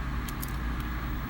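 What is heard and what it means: A key inserted into a metal handcuff is turned to the left to disengage the double lock over a steady low rumble. A sharp click sounds at 0.4 s, with a few faint metallic ticks around it. The handcuff double lock releases.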